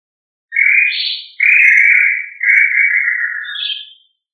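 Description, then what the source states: Quail giving a whistled call: three long, steady whistles, the first stepping up in pitch, the last falling away, with silence around them. Listed under family Tinamidae; Indonesian name puyuh.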